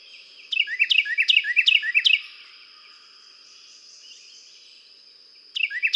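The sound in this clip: Carolina wren singing a ringing series of five repeated two-part phrases, then a pause of about three seconds before another burst begins; constant faint high-pitched hum behind.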